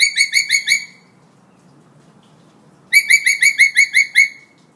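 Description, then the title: Hill myna delivering two quick bursts of bright, harmonic notes, separated by a silent gap of about two seconds. Energetic, actively singing bird ("gacor"); recording intended as tutor material (masteran) for training birds. "Suara Burung Beo Gacor Cocok Untuk Masteran"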